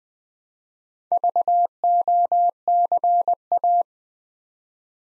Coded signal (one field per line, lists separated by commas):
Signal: Morse code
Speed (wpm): 20 wpm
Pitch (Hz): 700 Hz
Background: none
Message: VOCA